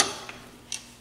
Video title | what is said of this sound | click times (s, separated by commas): Vorsprung Luftkappe Installation Instructions for Fox Float Evol 2018 - 34 and 36 models | brace this so we're not bending it tighten this till it clicks this | 0.7 s